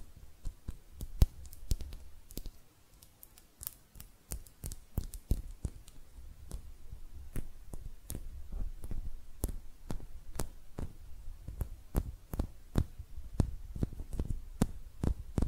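Hand sounds: sharp, dry clicks and taps land irregularly, roughly two per second, over a low, faint rumbling shuffle between them.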